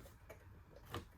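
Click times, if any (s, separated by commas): none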